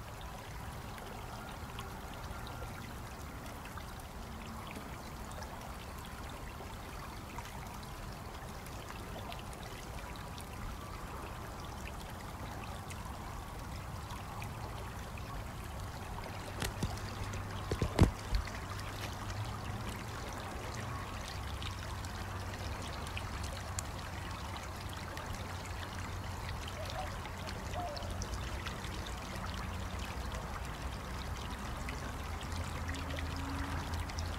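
A natural water stream runs steadily throughout, a dense, even rush with a low rumble beneath. Around seventeen to eighteen seconds a few sharp clicks or knocks cut through, and afterward the flow grows slightly fuller and louder.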